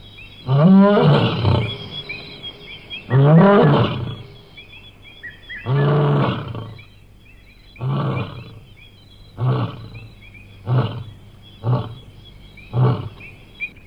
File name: Lion